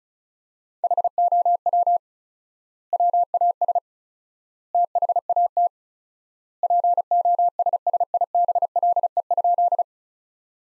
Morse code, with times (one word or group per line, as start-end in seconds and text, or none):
0.8-2.0 HOW
2.9-3.8 WAS
4.7-5.7 THAT
6.6-9.8 POSSIBLE?